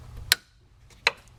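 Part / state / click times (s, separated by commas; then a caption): intake hose onto air filter canister top / seated / 0.3 s, 1.1 s. A technician pushes the air intake hose onto the air filter canister top of a full-size Range Rover (L322). Two sharp, loud clicks are heard at 0.3 s and 1.1 s, showing the hose has seated in place. No one talks.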